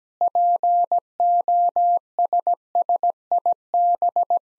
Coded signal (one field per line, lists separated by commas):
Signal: Morse code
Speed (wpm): 17 wpm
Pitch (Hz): 700 Hz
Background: none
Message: POSSIB